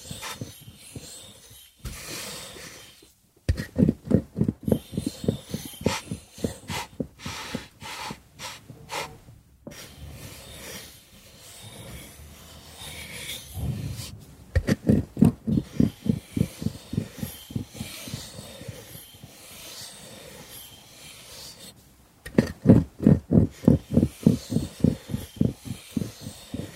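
Wood sounds come in three runs of fast, regular rasping strokes, heavy at the low end, around 3–9, 14–18 and 22–27 seconds. Between them are quieter scrapes, a few isolated knocks and brief silences.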